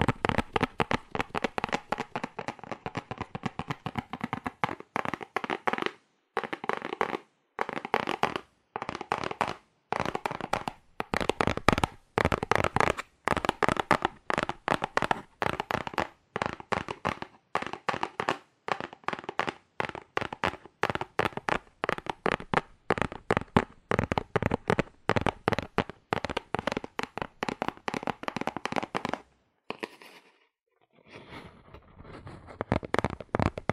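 Fast, aggressive tapping on cardboard: sharp, dry knocks in quick bursts that run almost without pause for the whole stretch. The rhythm is uneven, with brief gaps near six seconds and a longer silence just before thirty seconds, then the rapid tapping resumes.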